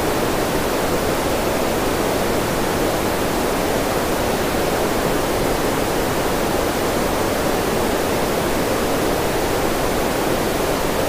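Steady green noise hisses evenly for the whole clip, a dense, unchanging wash centered in the middle range, like a rushing stream.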